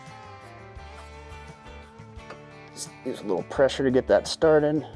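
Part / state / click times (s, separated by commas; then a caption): spring-steel clip nut onto a frame/bracket mounting hole / not seated / none. An M8 spring-steel clip nut is slipped up into position on a frame or bracket mounting hole while a fuel tank skid plate is installed on a 2020+ Ford Super Duty F-250/F-350 short bed, before being pressed home. Someone talks over background music, with a brief faint tap at 2.3 s. Nothing has seated or clicked yet.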